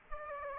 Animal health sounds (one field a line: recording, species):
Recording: mosquito wingbeat signal from an infrared sensor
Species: Aedes aegypti